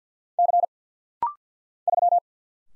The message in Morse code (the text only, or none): C 3